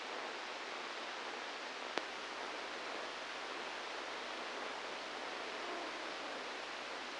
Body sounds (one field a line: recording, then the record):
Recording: brain microelectrode recording played as sound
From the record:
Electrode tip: inside the subthalamic nucleus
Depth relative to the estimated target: 4 mm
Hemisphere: left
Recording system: NeuroSet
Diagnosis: Parkinson's disease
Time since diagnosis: 10 years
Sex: male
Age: 63 years